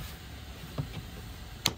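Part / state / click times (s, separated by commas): plastic trim panel clip into vehicle dash/console / seated / 1.7 s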